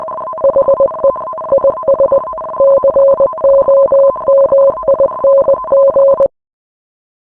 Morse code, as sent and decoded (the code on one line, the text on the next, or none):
.... . / .. ... / -.-. --- -- .. -. --.
HE IS COMING